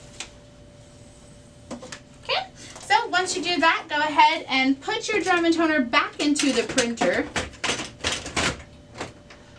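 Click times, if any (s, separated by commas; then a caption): 8.4 s. Someone talks while the drum unit with the toner cartridge in it is pushed back into a Brother MFC-L2720DW laser printer. It clicks into place at 8.4 s, and the click shows it is seated the right way.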